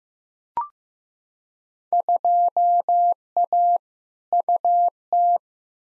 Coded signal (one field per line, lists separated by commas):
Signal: Morse code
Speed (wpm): 15 wpm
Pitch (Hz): 700 Hz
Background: none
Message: 2A UT